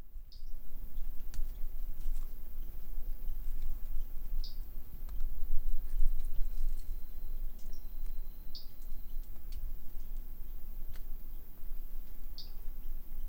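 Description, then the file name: Brachycephalus tridactylus calls: a few short, very high, thin chirps at irregular intervals over a steady hiss, with scattered faint clicks. Individual 02, not collected; recorded by M.R. Bornschein, possibly 10 March 2016. "Brachycephalus tridactylus individual 02 not collected by MR Bornschein 160310"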